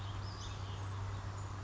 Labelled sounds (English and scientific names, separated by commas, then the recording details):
Western Flycatcher (Empidonax difficilis)
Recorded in Sonoma County, California